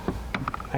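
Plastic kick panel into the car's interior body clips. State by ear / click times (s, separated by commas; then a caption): seated / 0.3 s, 0.5 s. A plastic kick panel is pressed home into the interior body clips of a 2004-2009 Mazda 3 non-turbo during AC compressor, condenser and dryer reassembly. Sharp snaps at 0.4 s and 0.5 s mark the clips engaging over a low background rumble, and the panel seats in place.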